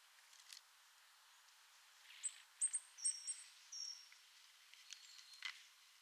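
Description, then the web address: Eurasian blue tit calling softly: a short run of very high, thin, clipped notes, followed by a few fainter high notes, over a quiet background hiss. "SETE data Cyanistes caeruleus"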